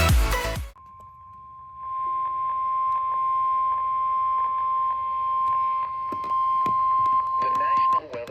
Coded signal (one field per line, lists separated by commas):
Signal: Emergency Alert System (SAME) tones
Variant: 1050 Hz attention tone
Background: speech, music